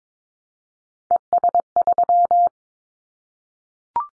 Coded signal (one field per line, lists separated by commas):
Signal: Morse code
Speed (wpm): 22 wpm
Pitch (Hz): 700 Hz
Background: none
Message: ES3